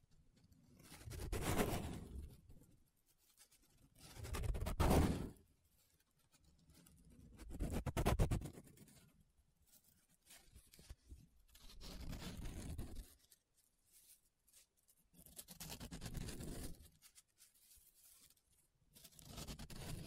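Paper being rubbed and scratched in slow, repeated strokes, about every two and a half seconds, each swelling then fading with quiet gaps between.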